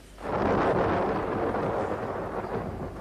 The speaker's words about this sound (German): Ein Gewitter. Schnell, kommen Sie zum Fenster.